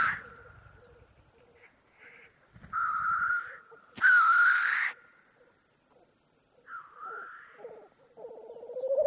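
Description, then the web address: Black grouse gives loud sneezing hisses while low pulsed bubbling notes run in the background and swell near the end. "ptitsa-teterev-variant-2"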